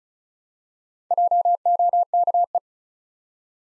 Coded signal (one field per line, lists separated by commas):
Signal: Morse code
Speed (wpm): 34 wpm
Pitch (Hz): 700 Hz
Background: none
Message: JOKE